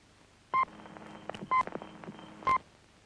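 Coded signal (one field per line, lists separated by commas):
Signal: speaking clock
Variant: Australian Post Office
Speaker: the third step it will be ten twenty seven and ten second at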